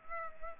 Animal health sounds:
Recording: mosquito wingbeat signal from an infrared sensor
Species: Culex pipiens

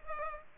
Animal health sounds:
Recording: mosquito wingbeat signal from an infrared sensor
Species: Culex pipiens

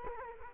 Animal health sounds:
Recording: mosquito wingbeat signal from an infrared sensor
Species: Culex quinquefasciatus

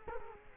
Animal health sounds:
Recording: mosquito wingbeat signal from an infrared sensor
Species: Culex quinquefasciatus

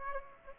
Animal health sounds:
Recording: mosquito wingbeat signal from an infrared sensor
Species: Aedes aegypti

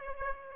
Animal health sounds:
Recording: mosquito wingbeat signal from an infrared sensor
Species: Aedes aegypti

